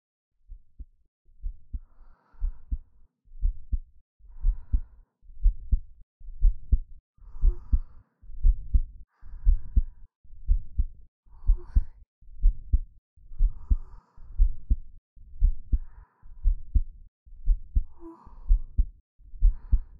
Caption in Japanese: 私の心臓の音聞こえる？ゆっくりトクントクンって鳴ってる音。 この音を聞いてるとなんだか落ち着くでしょ。